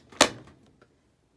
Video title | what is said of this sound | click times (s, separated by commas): Keurig K Duo Plus Coffee Maker ideal for small households | when you come down here you'll hear it snap into place | 0.2 s